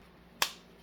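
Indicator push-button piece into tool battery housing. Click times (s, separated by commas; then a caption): 0.4 s. A small plastic indicator push-button pass-through is pressed into the plastic housing of an 18V Ryobi tool battery being built from a kit. It snaps into place with a single sharp click at 0.4 seconds, and the piece is seated. No one talks during the clip.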